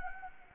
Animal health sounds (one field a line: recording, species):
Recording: mosquito wingbeat signal from an infrared sensor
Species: Anopheles gambiae